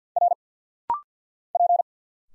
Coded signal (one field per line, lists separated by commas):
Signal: Morse code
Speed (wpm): 50 wpm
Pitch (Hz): 700 Hz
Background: none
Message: R P